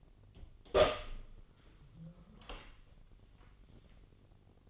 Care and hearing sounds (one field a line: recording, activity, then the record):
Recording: daily activity, microphone in the room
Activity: open door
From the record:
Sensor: 4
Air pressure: 1010.0 hPa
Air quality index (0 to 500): 189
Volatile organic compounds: 3 ppm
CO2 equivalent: 1360 ppm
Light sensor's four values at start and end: 33/81/33/35 and 31/74/31/32